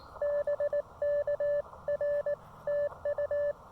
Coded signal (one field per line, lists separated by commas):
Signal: Morse code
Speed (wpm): 18 wpm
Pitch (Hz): 590 Hz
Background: none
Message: BKR TU